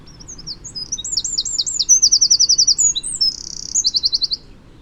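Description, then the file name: Eurasian wren singing a fast, shrill cascade of sliding notes, then rattling trills and a brief buzzy reel before a final rapid trill. "Troglodytes troglodytes"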